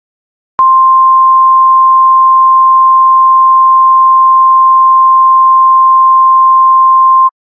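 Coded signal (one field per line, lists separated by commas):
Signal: Emergency Alert System (SAME) tones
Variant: 1050 Hz attention tone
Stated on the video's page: Fictional EAS scenario with siren audio.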